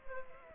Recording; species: mosquito wingbeat signal from an infrared sensor; Culex pipiens